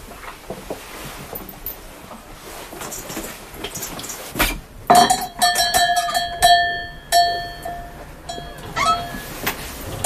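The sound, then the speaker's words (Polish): A bell that the speaker's grandfather installed to greet and bid farewell to guests rings out a few times in quick succession. It gives bright metallic clangs with a ringing, sustained tone, following a sharp knock amid faint rustling background noise. “Mamy taki dzwonek, który zamontował dziadek, który wita i żegna gości.”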